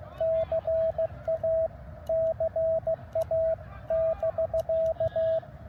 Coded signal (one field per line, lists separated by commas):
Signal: Morse code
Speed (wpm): 16 wpm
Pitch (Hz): 650 Hz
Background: radio noise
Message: CA CA<BK>